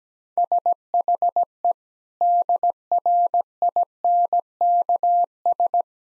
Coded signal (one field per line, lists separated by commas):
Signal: Morse code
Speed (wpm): 17 wpm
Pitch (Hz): 700 Hz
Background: none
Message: SHE DRINKS